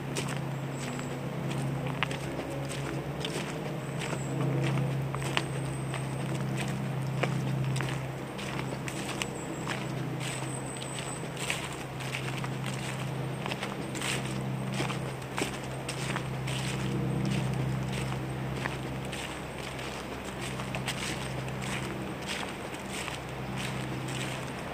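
A walk along a small brook, with a steady rushing wash running the whole way under a low, constant hum. Short crunching ticks recur irregularly like footsteps, and thin high bird chirps come in briefly near the start and around 5 and 11 seconds.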